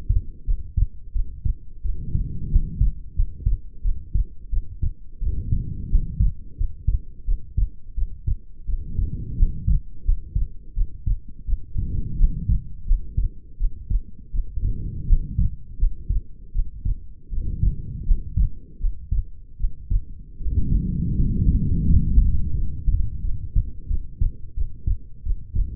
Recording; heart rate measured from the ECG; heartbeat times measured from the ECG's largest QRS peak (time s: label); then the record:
heart sounds by stethoscope; 85 bpm
0.44 s: heartbeat
1.12 s: heartbeat
1.82 s: heartbeat
2.49 s: heartbeat
3.14 s: heartbeat
3.81 s: heartbeat
4.49 s: heartbeat
5.19 s: heartbeat
5.88 s: heartbeat
6.55 s: heartbeat
7.24 s: heartbeat
7.94 s: heartbeat
8.65 s: heartbeat
9.35 s: heartbeat
10.03 s: heartbeat
10.73 s: heartbeat
11.45 s: heartbeat
12.16 s: heartbeat
12.85 s: heartbeat
13.57 s: heartbeat
14.31 s: heartbeat
15.05 s: heartbeat
15.77 s: heartbeat
16.52 s: heartbeat
17.29 s: heartbeat
18.04 s: heartbeat
18.78 s: heartbeat
19.57 s: heartbeat
20.37 s: heartbeat
21.14 s: heartbeat
21.85 s: heartbeat
22.53 s: heartbeat
23.21 s: heartbeat
23.87 s: heartbeat
24.54 s: heartbeat
25.23 s: heartbeat
From the record:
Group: healthy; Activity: rest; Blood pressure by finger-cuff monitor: 124/84 mmHg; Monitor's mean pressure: 97 mmHg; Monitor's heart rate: 86 bpm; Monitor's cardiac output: 6.8 L/min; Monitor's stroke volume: 77 mL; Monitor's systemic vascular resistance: 1020 dyn s/cm5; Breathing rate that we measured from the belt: 20 breaths a minute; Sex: female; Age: 22 years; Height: 160 cm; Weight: 45 kg